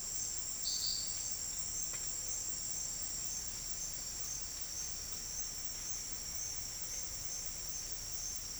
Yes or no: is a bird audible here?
no